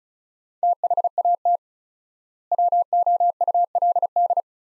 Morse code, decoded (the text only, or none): THAT WOULD